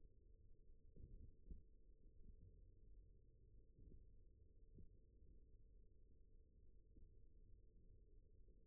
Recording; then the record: forearm muscle sounds (acoustic myography)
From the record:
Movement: rest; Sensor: system 1, eight BSWA MPA416 microphones around the upper forearm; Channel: 4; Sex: male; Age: 41 years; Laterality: right